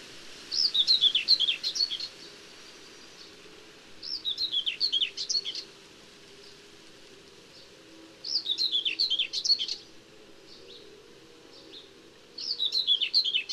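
Common whitethroat repeating its short scratchy warble roughly every four seconds, four phrases in all, each a hurried jumble of high notes over a low background hiss.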